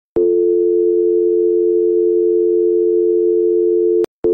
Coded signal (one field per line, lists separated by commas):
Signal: telephone call progress tone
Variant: North America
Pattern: dial tone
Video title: Phone Dial Tone Sound FX - Sound Effects 2020